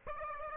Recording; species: mosquito wingbeat signal from an infrared sensor; Aedes aegypti